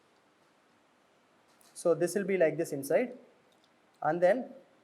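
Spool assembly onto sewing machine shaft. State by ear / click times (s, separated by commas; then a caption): not seated / none. A threaded spool assembly is being handled at a sewing machine shaft, about to be put on and pressed down so it locks in place. Someone talks over faint handling sounds, with a soft tick near 1.6 s. Nothing has seated or clicked yet.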